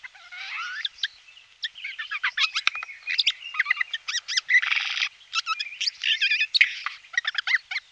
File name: Sojka - Garrulus glandarius